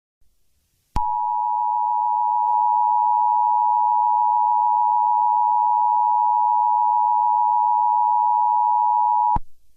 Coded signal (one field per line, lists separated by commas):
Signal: Emergency Alert System (SAME) tones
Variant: 853 and 960 Hz attention tone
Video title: EAS Scenario #12: Irish Republican Army Insurgency.